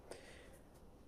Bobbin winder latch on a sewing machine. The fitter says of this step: winding automatic lock అయిపోయింది ఈజీగా winding చేసుకోవచ్చు ఈ మెషిన్ లో ఉషాల